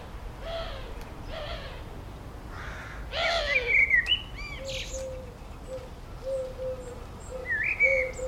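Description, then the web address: Birdsong: soft low whistled notes repeated at intervals, mixed with brief higher chirps and twittering phrases. Birdsong recorded in a village garden. "Tom Hutchings Birdsong In A Village Garden"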